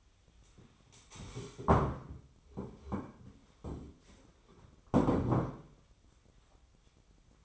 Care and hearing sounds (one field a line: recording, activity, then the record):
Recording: daily activity, microphone in the room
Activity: stand up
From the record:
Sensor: 1